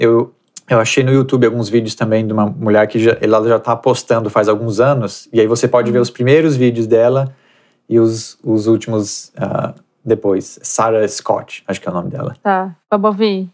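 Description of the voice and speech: An adult man speaks fluent conversational Portuguese with natural pauses and brief hesitations; ordinary speech.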